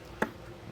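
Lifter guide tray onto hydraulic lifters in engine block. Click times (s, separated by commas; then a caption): 0.2 s. A lifter guide tray is pushed down over the hydraulic lifters in the small-block engine of a C10 budget build. A single sharp snap is heard at 0.2 s against a quiet background, and the tray seats into place.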